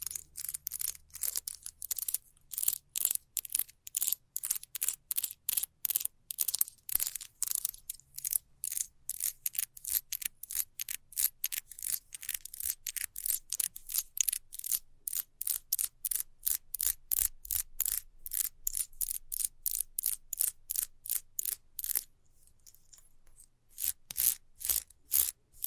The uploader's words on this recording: ASMR Fast Scratching for Extreme Tingles（No Talking）.